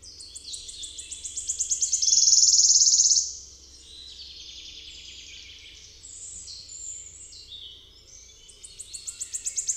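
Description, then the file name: Wood warbler song, an accelerating high trill swelling into a shimmering rattle, followed by softer twittering from other birds and a new trill beginning at the end. "Swistunka"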